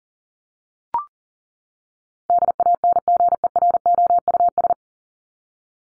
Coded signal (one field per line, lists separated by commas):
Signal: Morse code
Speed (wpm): 40 wpm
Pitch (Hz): 700 Hz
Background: none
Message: DANGEROUS